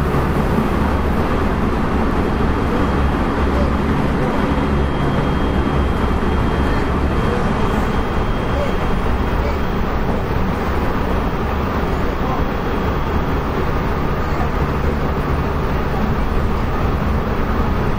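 Riding aboard a Kobe Line special rapid train between Shin-Osaka and Sannomiya, a steady, dense roar of running noise fills the whole stretch, heaviest in the low rumble. Loudness barely changes, though the hiss at the very top thins slightly after about eight seconds.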